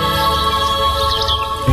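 Birds chirp in quick, high tweets over a steady wash of sustained musical tones, with a low thump near the end.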